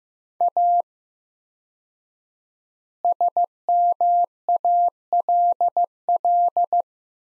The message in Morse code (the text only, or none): A SMALL